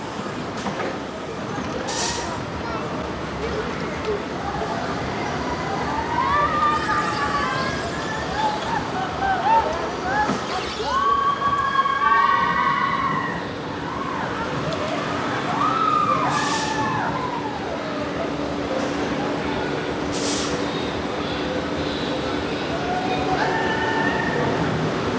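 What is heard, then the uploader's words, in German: Amusement park ambience: a dense crowd of voices talks and calls out steadily throughout, with a low rumble underneath. Short hissing bursts cut through at about 2, 10, 16 and 20 seconds, and from about 13 seconds a steady mechanical hum joins in, like a passing ride train. Freizeitpark ASMR.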